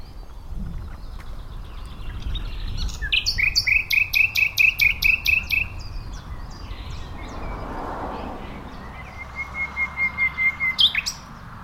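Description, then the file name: Common nightingale singing about a dozen evenly spaced, clipped notes in a steady series, then a softer run of fast identical piping notes after a pause. "Luscinia megarhynchos"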